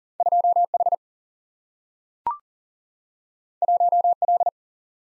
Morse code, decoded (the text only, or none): 2H 1L